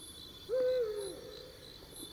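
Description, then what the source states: Eurasian eagle-owl giving a single mid-pitched hoot that holds steady, then slides slightly down, over a constant high chirring of insects. Male and female hooting in a duet.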